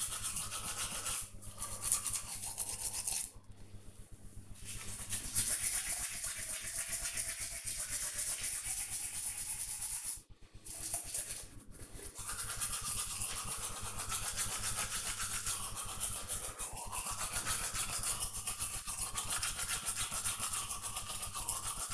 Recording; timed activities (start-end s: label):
household activities, microphone on the right wrist
0.00-21.94 s: brushing teeth